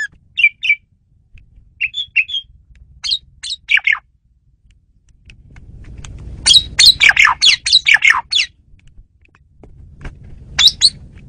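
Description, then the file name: Asian pied starling giving scattered chirps, then a dense burst of harsh chattering squawks, and a final short squawk, over a faint low hum. Female bird used as a lure bird. "jalak suren betina pemikat"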